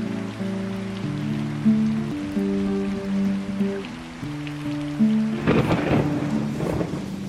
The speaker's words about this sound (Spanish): Para entonces eran las 8 de la noche, la lluvia seguía y la tormenta se acercaba.